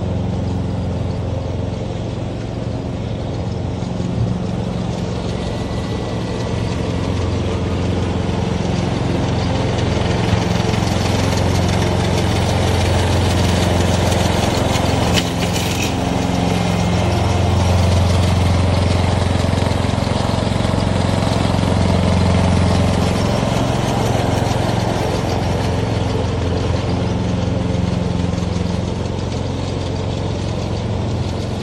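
A lawn mower engine drones steadily throughout, with a low rumbling hum and slight pitch wavering, plus a brief sharp click near fifteen seconds.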